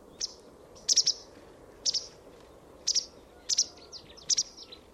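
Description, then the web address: Bird calls: short, sharp, high chips, often doubled, repeated roughly once a second, over a steady low background hiss. "Deverinetal 2025 File origin Bird Only"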